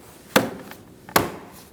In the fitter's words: snap into place